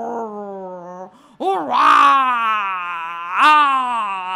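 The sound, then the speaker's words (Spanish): In a rhyming children's story, a voice imitates the roar of an arrogant lion that frightens the whole jungle: a long, loud, throaty groaning bellow that swells in two rising bursts and holds steady between them, with no other talk. “¡un rugido aterrador! ¡Qué pavor! El león, arrogante y bravucón, rugió de tal manera que espantó a la selva entera.”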